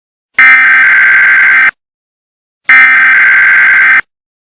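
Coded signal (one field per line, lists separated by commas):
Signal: Emergency Alert System (SAME) tones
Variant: header bursts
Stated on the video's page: Fictional Purge-themed EAS alert containing valid EAS tones.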